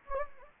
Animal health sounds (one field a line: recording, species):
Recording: mosquito wingbeat signal from an infrared sensor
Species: Anopheles gambiae